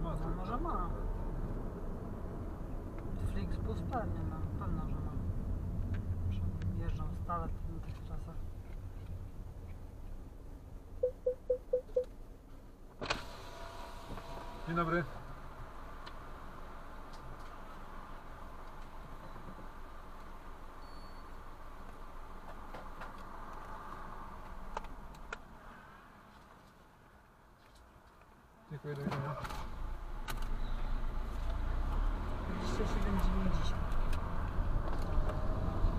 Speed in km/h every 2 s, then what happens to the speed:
38, 34, 25, 16, 11, 4, 0, 0, 0, 0, 0, 0, 0, 0, 0, 0, 9, 20.
0-12 slows to 0. 12-31 standing. 31-36 pulls away to 20.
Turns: none.